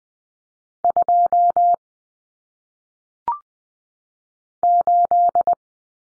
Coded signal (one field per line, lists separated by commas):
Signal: Morse code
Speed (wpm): 20 wpm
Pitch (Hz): 700 Hz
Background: none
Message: 2 8